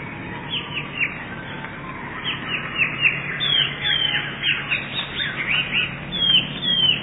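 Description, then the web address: Eurasian blue tit song, a series of bright downward-sweeping chirps in loose groups, spread throughout. "wroblowe teka spiew. modraszkoteka"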